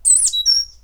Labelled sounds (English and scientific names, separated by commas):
Stitchbird (Notiomystis cincta) song